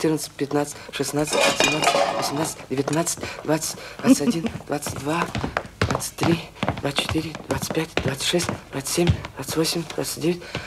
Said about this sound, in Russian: Мужчина в очках аккуратно кладет яйца в ковшик. Засекает время.